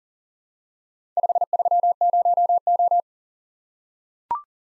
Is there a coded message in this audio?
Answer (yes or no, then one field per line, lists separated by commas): yes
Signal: Morse code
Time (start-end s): 1.2-3.0 s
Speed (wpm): 40 wpm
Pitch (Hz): 700 Hz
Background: none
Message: 530O